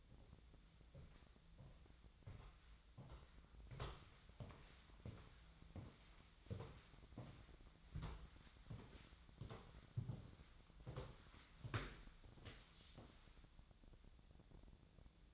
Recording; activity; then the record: daily activity, microphone in the room; walk to room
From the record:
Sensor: 3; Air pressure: 1010.1 hPa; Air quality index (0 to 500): 178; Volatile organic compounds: 11 ppm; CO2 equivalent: 2324 ppm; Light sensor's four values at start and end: 43/106/46/50 and 41/101/44/47